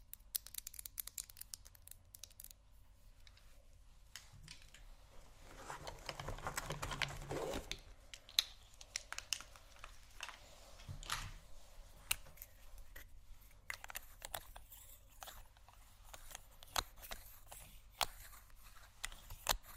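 Someone rummages through a makeup bag, with frequent sharp clicks, taps and rattles of small items scattered irregularly throughout. A denser stretch of rustling and shuffling builds around the middle, near seven to eight seconds.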